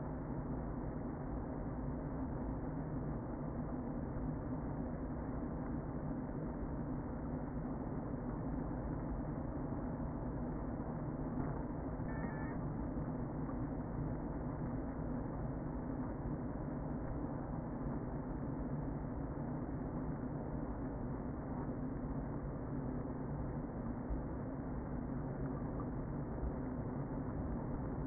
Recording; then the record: honeybee colony, microphone inside the hive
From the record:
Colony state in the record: queen present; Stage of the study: before two queens were removed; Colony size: about 60,000 bees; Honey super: yes